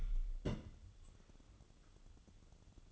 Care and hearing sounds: daily activity, microphone in the room; place on stove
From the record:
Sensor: 4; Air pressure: 1008.8 hPa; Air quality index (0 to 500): 127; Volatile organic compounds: 1 ppm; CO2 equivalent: 928 ppm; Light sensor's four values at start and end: 10/23/9/8 and 10/23/9/8

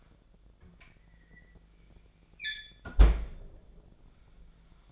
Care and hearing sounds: daily activity, microphone in the room; close fridge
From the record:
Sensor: 5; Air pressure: 1009.8 hPa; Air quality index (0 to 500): 162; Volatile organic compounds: 4 ppm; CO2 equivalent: 1572 ppm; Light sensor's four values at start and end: 120/307/128/137 and 118/304/126/134

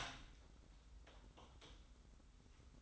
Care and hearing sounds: daily activity, microphone in the room; open door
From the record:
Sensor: 3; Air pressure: 990.4 hPa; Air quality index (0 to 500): 174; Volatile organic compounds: 1000 ppm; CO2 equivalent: 5623 ppm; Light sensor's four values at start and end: 48/114/46/44 and 48/114/46/44

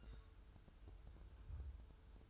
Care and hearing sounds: daily activity, microphone in the room; take from stove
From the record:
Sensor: 2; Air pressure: 988.1 hPa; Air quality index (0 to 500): 190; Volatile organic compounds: 181 ppm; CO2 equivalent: 4147 ppm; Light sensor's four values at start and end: 21/71/28/26 and 21/71/28/26

